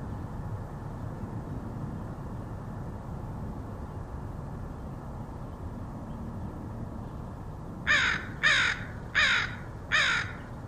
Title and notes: Crows recorded by Dan Bodah in Portland, OR, August 2003.